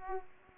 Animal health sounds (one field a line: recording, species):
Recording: mosquito wingbeat signal from an infrared sensor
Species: Aedes aegypti